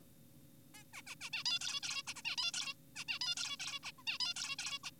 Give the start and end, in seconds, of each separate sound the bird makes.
0.74-0.84, 0.94-1.02, 1.07-1.15, 1.21-1.30, 1.33-1.44, 1.46-1.59, 1.61-1.80, 1.83-2.02, 2.07-2.14, 2.16-2.22, 2.25-2.36, 2.38-2.52, 2.54-2.74, 2.96-3.04, 3.08-3.19, 3.21-3.35, 3.37-3.57, 3.60-3.80, 3.84-3.91, 3.98-4.03, 4.07-4.18, 4.20-4.34, 4.36-4.56, 4.59-4.79, 4.84-4.90